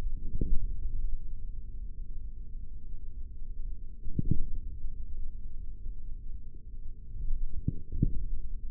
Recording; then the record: forearm muscle sounds (acoustic myography)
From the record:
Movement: index flexion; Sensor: system 3, bracelet of six PUI Audio POM-2738L microphones around the upper forearm, with dedicated amplification and filtering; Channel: 2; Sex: male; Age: 43 years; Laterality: right